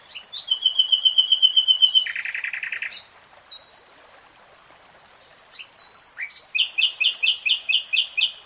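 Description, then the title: Nightingale song: a rapid repeated trill, then a buzzy rattle, a quiet pause with faint notes, then loud, fast, repeated high piping phrases. Singing, recorded in real time. "[Tiếng chim hót] REALTIME Nightingale Singing"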